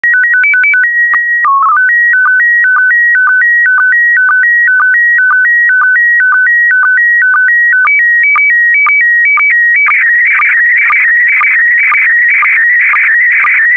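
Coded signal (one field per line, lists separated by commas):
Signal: SSTV (slow-scan television)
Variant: PD120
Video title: (05 of 12) ISS Expedition 63 - MAI-75 August 2020 - Retransmission SSTV PD120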